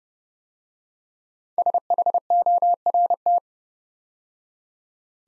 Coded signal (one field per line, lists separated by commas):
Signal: Morse code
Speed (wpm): 29 wpm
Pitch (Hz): 700 Hz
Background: none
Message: SHORT